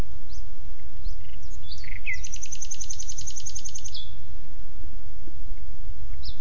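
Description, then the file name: Common nightingale giving a few rough notes, then a long rapid series of high repeated pips, with low background rumble. "Luscinia megarhynchos"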